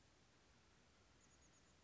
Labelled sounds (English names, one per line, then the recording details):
Chestnut-backed Chickadee
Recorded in Sonoma County, California